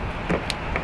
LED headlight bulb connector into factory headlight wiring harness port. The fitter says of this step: and clicks right in and then